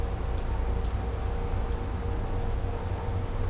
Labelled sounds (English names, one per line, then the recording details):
none
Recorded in secondary vegetation near Puerto Asís, Putumayo, Colombia, on 20 December 2024 at 13:30
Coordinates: 0.502, -76.326
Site G028